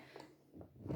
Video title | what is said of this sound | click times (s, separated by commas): Tuto Speedychef2 | on tourne jusqu'à ce qu'on entende le petit clac, comme quoi on a bien inséré notre couvercle. | 0.6 s, 0.9 s